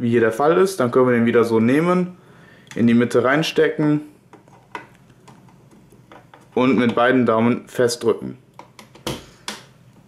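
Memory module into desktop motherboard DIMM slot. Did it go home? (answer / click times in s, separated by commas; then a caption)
yes / 9.1 s, 9.5 s. A second memory module is pushed down with both thumbs into a DIMM slot on the motherboard of an HP 8200 Elite desktop. Someone talks, faint handling taps follow, and two sharp clicks at 9.1 and 9.5 seconds mark the side clips latching. The module is confirmed seated.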